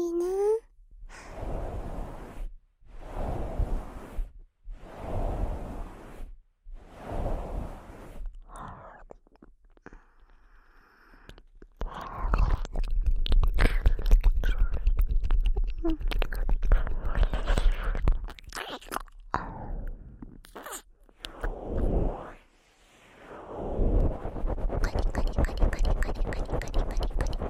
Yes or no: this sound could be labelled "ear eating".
yes